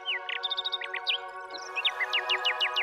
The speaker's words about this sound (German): Die Nachtigall, die dies alles mit ansah, sang jetzt noch schöner, noch klarer, noch trillernder.